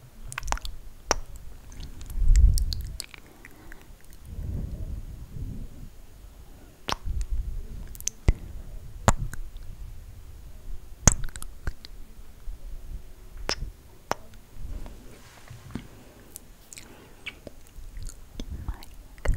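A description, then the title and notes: Slow mic kisses with sticky lip gloss: sharp, bright smacks and clicks arrive every second or so, some paired in quick doubles. Soft low thumps and breathy swells sit underneath, with a faint whisper-like hiss between the wet pops. ASMR MIC KISSES Slow Tingly sounds w lip gloss.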